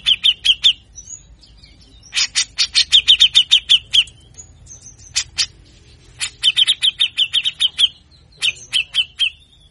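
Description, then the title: Grey-cheeked bulbul song: several bursts of rapid, harsh, chattering notes separated by short pauses. Long masteran recording used to train other songbirds; actively singing bird; harsh song style called besetan kasar. "MASTERAN CUCAK JENGGOT GACOR FULL BESETAN KASAR DURASI PANJANG"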